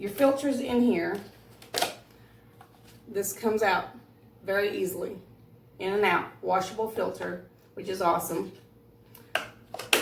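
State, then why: Seated. The plastic washable filter of a Bissell PowerForce Helix upright vacuum is pushed back into the dirt cup after being removed. Someone talks through most of the clip, with a few brief plastic knocks and clicks near the end. A sharp plastic snap at 9.9 s marks the filter seating in place.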